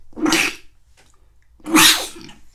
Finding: Double sneeze man.